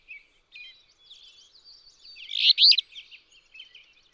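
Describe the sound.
Alder flycatcher giving one loud, buzzy, burry phrase midway, with softer chips and twittering from other birds before and after.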